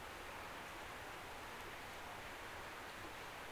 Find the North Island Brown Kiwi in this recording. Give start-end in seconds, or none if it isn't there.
none